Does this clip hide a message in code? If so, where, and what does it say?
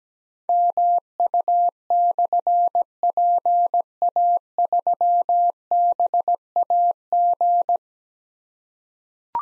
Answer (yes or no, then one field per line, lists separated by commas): yes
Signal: Morse code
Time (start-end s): 0.5-7.8 s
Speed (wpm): 17 wpm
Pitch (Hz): 700 Hz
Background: none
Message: MU/PA3BAG